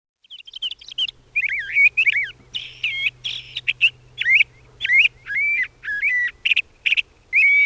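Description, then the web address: LeConte's Thrasher song: varied whistled phrases, twisting and dipping, delivered one after another with short gaps, with a low hum through the first half. "Peterson North American Birds. lcth"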